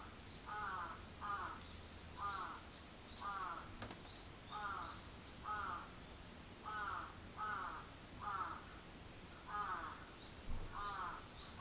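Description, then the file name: Crow giving harsh, grating caws repeated regularly, with high chirping of small birds scattered throughout. Recorded 14 July 2022 at 06:37. "karasu-in 220714 0637"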